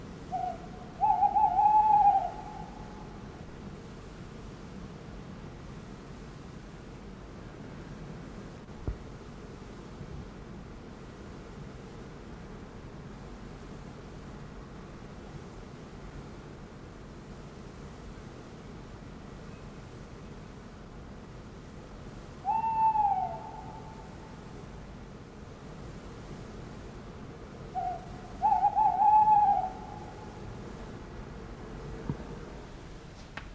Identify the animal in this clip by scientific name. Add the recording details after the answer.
Strix aluco. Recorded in the wild. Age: adult. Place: Amalienpark, Berlin, DE. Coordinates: 52.5722, 13.4133. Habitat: Stadtpark. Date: 1987-04-15. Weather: 0°C Lufttemperatur. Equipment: Nagra SN, Kopie Tesla B 116. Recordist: Tembrock, Günter